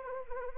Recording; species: mosquito wingbeat signal from an infrared sensor; Anopheles arabiensis